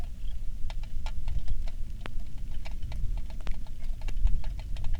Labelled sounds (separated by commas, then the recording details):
songbird, rain
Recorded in the Prudhoe Bay oil fields, Alaska, on 27 July 2019 at 18:02
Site 19